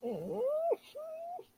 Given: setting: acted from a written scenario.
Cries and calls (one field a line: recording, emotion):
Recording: vocal sound without words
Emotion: elation